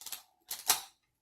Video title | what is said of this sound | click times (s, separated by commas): VSG: CPAP Demonstration | nothing big you hear that snap that's how you know it's on and secure now | 0.7 s